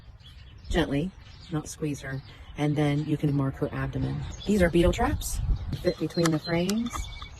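Someone talks while handling a plastic small hive beetle trap meant to fit into the gap between two wooden beehive frames. Only speech is heard, with no sharp hit or click. Nothing has snapped or seated into place yet.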